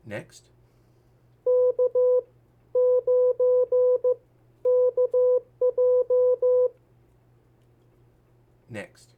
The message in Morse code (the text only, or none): K9KJ